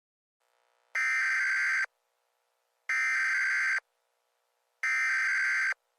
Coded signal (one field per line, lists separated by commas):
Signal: Emergency Alert System (SAME) tones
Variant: header bursts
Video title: EAS Short Scenario 64 | Firefly Power